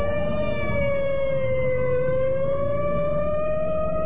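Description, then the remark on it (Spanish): The sirens of three police patrol cars speeding through the streets at night wail steadily, a sustained, buzzy tone dipping slightly and then slowly rising in pitch, loud and unbroken over a low rumble with no voices. “Lejos de ahí, 3 autos patrulla recorrían las calles velozmente, haciendo ulular sus sirenas que rompían el silencio de la noche.”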